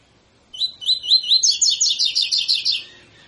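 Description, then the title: Double-collared seedeater singing one phrase of slurred upward notes that speeds into a bright, higher rattling trill lasting over a second. Tutor song of the 'tui tui' style used to teach captive birds to sing. "COLEIRO TUI TUI FIBRA"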